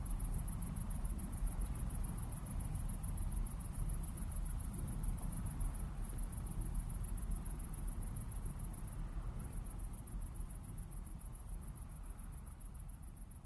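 Crickets trill in a high, steady, rapidly pulsing chorus over a low, continuous rumble of waves. The wash stays dense and even throughout, without distinct breaking surges. The insect sound drops out briefly around six seconds and again just after nine.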